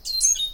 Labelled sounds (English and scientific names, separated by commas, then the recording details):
Stitchbird (Notiomystis cincta) song
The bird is a male
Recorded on Tiritiri Matangi Island, New Zealand, in 2005
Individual 10, of nest box 12